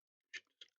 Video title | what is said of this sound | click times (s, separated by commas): BTTF DeLorean Time Machine Lego Build Part 7 | same place as the other side everyone here and click | 0.6 s